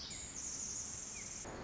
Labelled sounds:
Pacific Wren (Troglodytes pacificus)
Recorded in Sonoma County, California

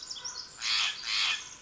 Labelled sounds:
Steller's Jay (Cyanocitta stelleri)
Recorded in Sonoma County, California

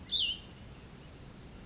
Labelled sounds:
Chestnut-backed Chickadee (Poecile rufescens)
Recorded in Sonoma County, California

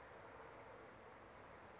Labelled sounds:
Western Flycatcher (Empidonax difficilis)
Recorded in Sonoma County, California

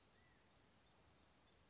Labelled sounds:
California Quail (Callipepla californica)
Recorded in Sonoma County, California

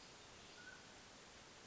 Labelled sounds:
Mountain Quail (Oreortyx pictus)
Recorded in Sonoma County, California

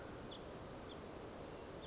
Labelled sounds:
House Finch (Haemorhous mexicanus)
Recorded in Sonoma County, California

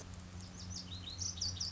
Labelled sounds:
Lazuli Bunting (Passerina amoena)
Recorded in Sonoma County, California

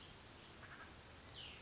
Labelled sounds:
Cassin's Vireo (Vireo cassinii)
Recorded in Sonoma County, California

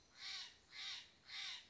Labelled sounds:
Steller's Jay (Cyanocitta stelleri)
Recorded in Sonoma County, California

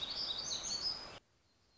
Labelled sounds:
Black-throated Gray Warbler (Setophaga nigrescens)
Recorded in Sonoma County, California

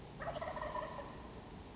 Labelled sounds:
Wild Turkey (Meleagris gallopavo)
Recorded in Sonoma County, California

